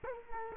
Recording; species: mosquito wingbeat signal from an infrared sensor; Culex quinquefasciatus